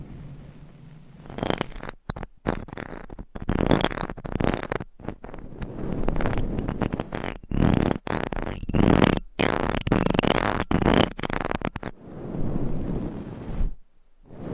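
Rough scratching and brushing on microphones starts after a quiet opening and runs in dense bursts until about twelve seconds. It is chopped by sudden cuts to near silence, like switching between mics, then trails off into a faint low hum.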